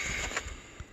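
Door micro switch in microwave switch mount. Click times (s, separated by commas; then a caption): 0.4 s. A faulty door micro switch is snapped out of its plastic mounting inside a microwave, releasing with a sharp snap at 0.4 s over steady low background noise. A fainter knock follows near 0.8 s.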